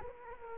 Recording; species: mosquito wingbeat signal from an infrared sensor; Culex quinquefasciatus